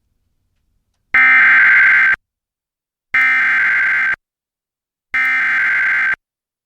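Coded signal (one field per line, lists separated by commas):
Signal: Emergency Alert System (SAME) tones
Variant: header bursts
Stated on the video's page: Real severe thunderstorm and tornado warnings on an FM station that relays NOAA weather alerts live on air rather than directly.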